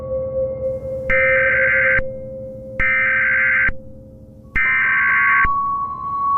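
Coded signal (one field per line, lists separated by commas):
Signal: Emergency Alert System (SAME) tones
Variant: header bursts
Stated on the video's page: Fictional horror alert scenario.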